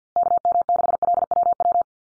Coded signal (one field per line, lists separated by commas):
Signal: Morse code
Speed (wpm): 50 wpm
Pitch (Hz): 700 Hz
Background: none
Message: KM6LWW